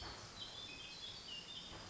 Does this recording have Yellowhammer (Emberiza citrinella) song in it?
no